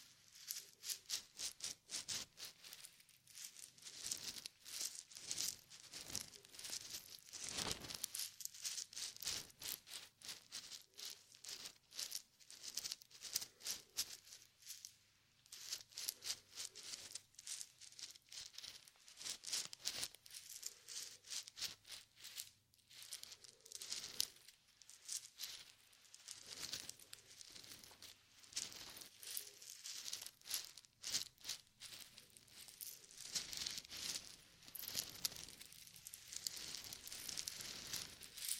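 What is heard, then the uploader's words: Dense crinkling and rubbing against the ear, bright and crackly, with constant rapid scratches and occasional louder bursts. ASMR Intense Ear Massage. (No Talking).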